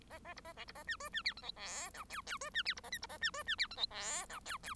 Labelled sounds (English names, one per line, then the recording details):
Bengalese Finch song
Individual Bird1